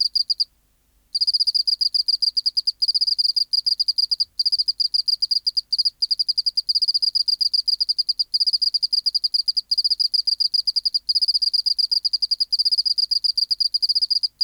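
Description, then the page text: Oceanic field cricket song, one opening burst, a short silence, then long rapid pulse trains broken by several small pauses. Specimen NHMUK BMNH(E) 010211120 recorded by W. J. Reynolds in the BMNH Acoustic Laboratory, 19 March 1984, 11:15, at 24 °C, 30% humidity, still air, dim light. "412:14 Teleogryllus oceanicus (514r2). BioAcoustica. Natural History Museum Sound Archive. Recording Location: BMNH Acoustic Laboratory Recorded by: W. J. Reynolds Date Recorded: Mandag, marts 19, 1984 Local time: 1115"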